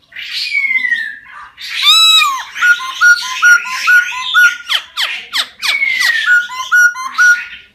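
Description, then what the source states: Laughingthrush song with a long descending whistle, then a lively run of short repeated chirps and sharp downward-sweeping notes. Song in the 'wild voice' (giọng rừng) style.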